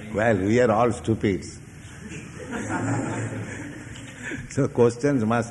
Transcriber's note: laughter